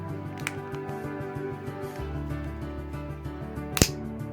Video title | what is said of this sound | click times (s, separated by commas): Replace / Fix Your Car Key Remote FOB (DIY Easy & CHEAP!) Honda Odyssey | Gotta love that click. | 0.5 s, 3.8 s